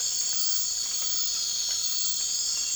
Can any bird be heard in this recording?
no